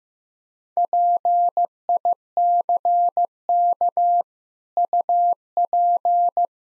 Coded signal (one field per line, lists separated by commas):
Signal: Morse code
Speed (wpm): 15 wpm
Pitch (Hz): 700 Hz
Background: none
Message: PICK UP